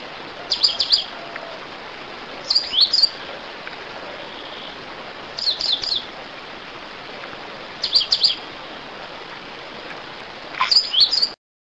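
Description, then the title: Coal-crested finch singing brief high, sharp twittered phrases, five in all, spaced roughly every two to three seconds against a constant soft hiss. "LuckyPassaro Completos2Sama. Coal-crested Finch (Charitospiza eucosma)"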